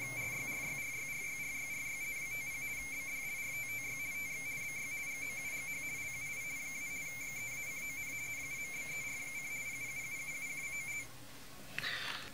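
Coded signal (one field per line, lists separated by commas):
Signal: RTTY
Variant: 50 baud Baudot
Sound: rapid warbling two-tone chatter around 2 kHz, continuous for about 11 seconds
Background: low hum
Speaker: it has my name in it it says 50b rtty transmission by me and and beacon number 29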